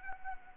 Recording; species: mosquito wingbeat signal from an infrared sensor; Anopheles arabiensis